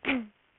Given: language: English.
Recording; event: throat vibration sensor signal played as sound; throat clearing